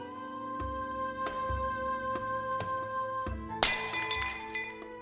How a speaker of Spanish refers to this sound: Justo cuando llegué de la escuela escuché crack, como si algo se hubiera roto. Fui corriendo a la cocina y vi a mi hermano viendo los trozos de vidrio.